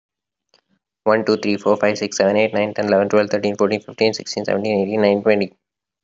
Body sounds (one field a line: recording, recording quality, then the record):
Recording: counting at a fast pace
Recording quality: excellent, no background noise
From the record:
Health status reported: healthy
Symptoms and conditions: none ticked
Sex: male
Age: 26 years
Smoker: not ticked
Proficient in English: yes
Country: India